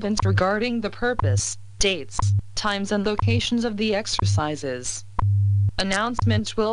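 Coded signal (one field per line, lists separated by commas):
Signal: radio time signal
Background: speech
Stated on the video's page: WWV signal received by ground wave on 2.5 MHz, 20 kHz AM, in Northern Colorado.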